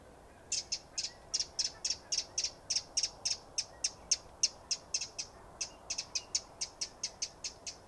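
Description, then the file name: Eurasian wren giving a rapid run of dry, high ticking calls, about four each second, steady and slightly uneven, with faint background hiss. "Troglodytes troglodytes"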